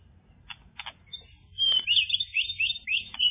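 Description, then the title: Java sparrow song beginning with soft clicks, then a bright phrase of high, quickly bending notes during the last two seconds. "kicau gelatik"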